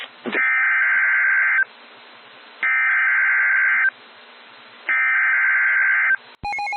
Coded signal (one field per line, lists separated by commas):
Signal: Emergency Alert System (SAME) tones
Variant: header bursts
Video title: Snow Squall Warning in the Quad Cities (EAS #21)